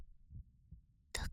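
Two soft, low thumps, a single lub-dub heartbeat of a woman, heard with the ear pressed against her chest, then a brief rustling burst at the end.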